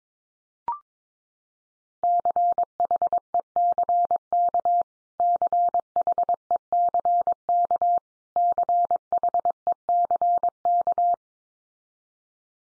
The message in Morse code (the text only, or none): CHECK CHECK CHECK